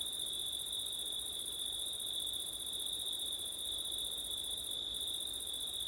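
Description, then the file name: Crickets trill constantly at a high pitch, with a second sharp buzzing band that breaks once near the end. Crickets recorded on a September night with wind; ortif (ORTF) microphone setup. "crickets wind september night ortif"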